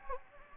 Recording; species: mosquito wingbeat signal from an infrared sensor; Anopheles gambiae